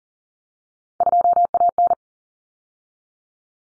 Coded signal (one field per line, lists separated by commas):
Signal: Morse code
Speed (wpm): 40 wpm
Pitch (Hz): 700 Hz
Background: none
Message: 2AN